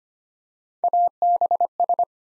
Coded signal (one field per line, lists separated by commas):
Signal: Morse code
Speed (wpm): 25 wpm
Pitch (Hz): 700 Hz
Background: none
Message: ABS